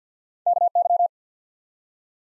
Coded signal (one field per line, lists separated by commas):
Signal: Morse code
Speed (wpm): 50 wpm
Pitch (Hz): 700 Hz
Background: none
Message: KY